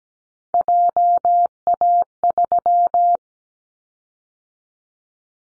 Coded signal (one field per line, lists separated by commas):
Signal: Morse code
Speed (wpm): 17 wpm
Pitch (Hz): 700 Hz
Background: none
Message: JA3